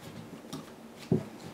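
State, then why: Not seated. A plastic fire button is lined up on an e-cigarette case with its teeth facing down, ready to be pushed in. Two brief handling taps are heard at about 0.5 s and 1.1 s. Nothing has seated or clicked yet.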